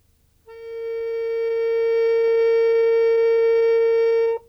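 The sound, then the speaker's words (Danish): A single accordion note A held steadily for about four seconds, a bright, reedy tone that swells slightly and then cuts off cleanly, with nothing else sounding. “Det er tonen A.”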